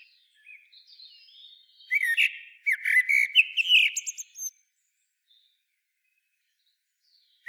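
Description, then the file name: Common blackbird singing, soft high notes leading into a loud mellow warble with chattering high squeaks, followed by several seconds of quiet. "Turdus merula"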